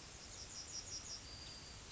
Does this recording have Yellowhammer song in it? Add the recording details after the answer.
yes. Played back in grassland. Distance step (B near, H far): F. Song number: 049